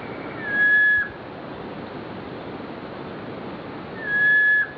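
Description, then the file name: Lesser ground cuckoo whistles two plain, steady notes of about half a second each, roughly three and a half seconds apart, with faint hiss behind. "lsrgcucu"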